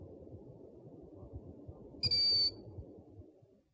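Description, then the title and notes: Owl call: one clear, high, steady whistled note lasting under half a second, over a low rumbling background. Part of a compilation of 69 call variants from 11 owl species. "Sovy - Eulen - Owls. 69 variant hlasů - 11 druhů sov"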